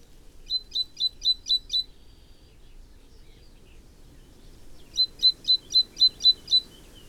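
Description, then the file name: Great tit calling in two quick bursts of sharp high chirps, about four per second, separated by a three-second gap, with low noise beneath. "Parus major"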